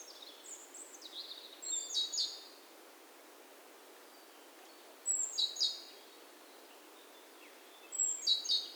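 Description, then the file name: Great tit calls, several high buzzy chattering bursts with gaps between, over faint background noise. "Parus major"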